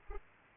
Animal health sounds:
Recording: mosquito wingbeat signal from an infrared sensor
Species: Aedes aegypti

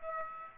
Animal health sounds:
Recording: mosquito wingbeat signal from an infrared sensor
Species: Aedes aegypti

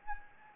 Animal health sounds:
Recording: mosquito wingbeat signal from an infrared sensor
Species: Anopheles gambiae

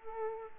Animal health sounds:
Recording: mosquito wingbeat signal from an infrared sensor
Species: Anopheles arabiensis

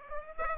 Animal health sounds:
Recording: mosquito wingbeat signal from an infrared sensor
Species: Aedes aegypti

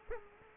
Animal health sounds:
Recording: mosquito wingbeat signal from an infrared sensor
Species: Culex quinquefasciatus

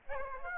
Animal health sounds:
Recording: mosquito wingbeat signal from an infrared sensor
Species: Aedes aegypti

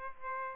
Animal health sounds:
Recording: mosquito wingbeat signal from an infrared sensor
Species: Aedes albopictus

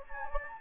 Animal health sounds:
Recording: mosquito wingbeat signal from an infrared sensor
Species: Anopheles gambiae

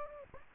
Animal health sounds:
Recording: mosquito wingbeat signal from an infrared sensor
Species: Anopheles gambiae

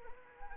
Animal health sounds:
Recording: mosquito wingbeat signal from an infrared sensor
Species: Anopheles arabiensis

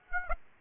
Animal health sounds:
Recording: mosquito wingbeat signal from an infrared sensor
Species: Aedes aegypti

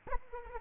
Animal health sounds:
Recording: mosquito wingbeat signal from an infrared sensor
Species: Aedes aegypti

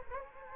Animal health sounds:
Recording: mosquito wingbeat signal from an infrared sensor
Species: Anopheles arabiensis

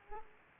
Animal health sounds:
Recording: mosquito wingbeat signal from an infrared sensor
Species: Aedes aegypti

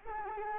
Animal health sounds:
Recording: mosquito wingbeat signal from an infrared sensor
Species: Culex quinquefasciatus

